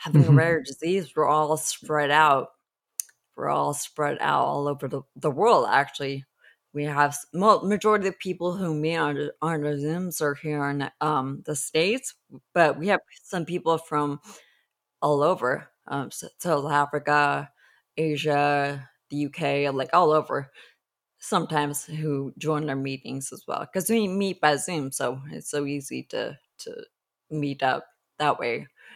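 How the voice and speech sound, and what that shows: Slow, halting speech from a 43-year-old woman with stretched vowels, irregular pauses and creaky patches, fitting ataxic dysarthria from genetic spinocerebellar ataxia type 10, a progressive movement disorder with cerebellar atrophy that also affects her walking and grasping; symptoms began in her mid-to-late 20s.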